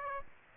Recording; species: mosquito wingbeat signal from an infrared sensor; Aedes aegypti